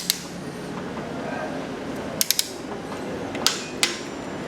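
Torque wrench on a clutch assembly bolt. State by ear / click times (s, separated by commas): torque reached / 3.8 s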